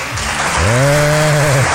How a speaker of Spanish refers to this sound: Estos aplausos enlatados, ¿cómo funcionan?